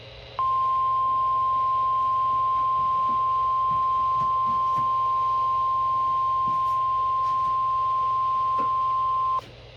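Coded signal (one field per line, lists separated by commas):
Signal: Emergency Alert System (SAME) tones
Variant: 1050 Hz attention tone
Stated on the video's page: EAS tones for a Special Marine Warning on NOAA Weather Radio station KEC85, Savannah.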